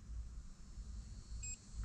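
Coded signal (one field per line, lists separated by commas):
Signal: beep code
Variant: Honda Easy Key Maker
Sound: a single short electronic beep over a low engine-like rumble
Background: low vehicle rumble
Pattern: 1 short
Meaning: Turn the engine off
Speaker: single beep that means turn it off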